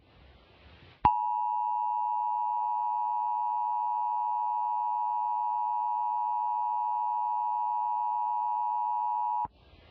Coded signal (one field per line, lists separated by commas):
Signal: Emergency Alert System (SAME) tones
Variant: 853 and 960 Hz attention tone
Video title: Scrapped EAS Scenario 2